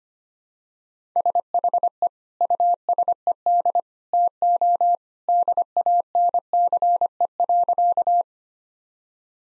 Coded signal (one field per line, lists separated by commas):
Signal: Morse code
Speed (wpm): 25 wpm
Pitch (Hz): 700 Hz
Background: none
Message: SHE USED TO DANCE.